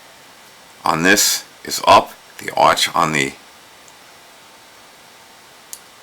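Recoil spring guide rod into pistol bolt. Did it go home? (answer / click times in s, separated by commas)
yes / 5.7 s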